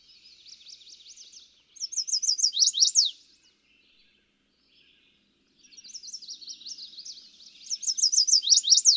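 Chestnut-sided warbler giving two songs: soft high chips building into louder slurred notes that end in emphatic downward strokes, with a pause between songs.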